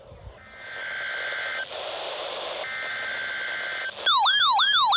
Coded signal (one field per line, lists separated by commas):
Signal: Emergency Alert System (SAME) tones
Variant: header bursts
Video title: CHRISTMAS TEST TRIFECTA - Required Weekly Tests on 12/22/21 (EAS #146-148)